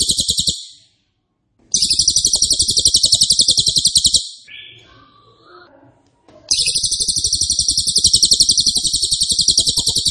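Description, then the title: Cililin song: three loud bursts of rapid-fire, buzzy high-pitched trilling, with a gap of faint scattered chirps between the second and third. Loud, dense rapid-fire song style ('nembak keras dan rapat') used as a favourite masteran training recording for oriental magpie-robin, leafbird and white-rumped shama. "Cililin NEMBAK KERAS dan RAPAT masteran murai batu cucak ijo dan kacer"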